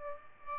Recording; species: mosquito wingbeat signal from an infrared sensor; Aedes albopictus